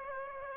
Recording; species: mosquito wingbeat signal from an infrared sensor; Aedes aegypti